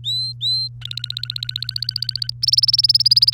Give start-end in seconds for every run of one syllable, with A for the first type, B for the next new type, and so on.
0.00-0.68 A, 0.81-2.30 B, 2.42-3.33 C